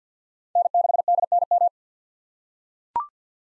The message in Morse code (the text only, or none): N6DNM